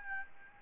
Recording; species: mosquito wingbeat signal from an infrared sensor; Aedes albopictus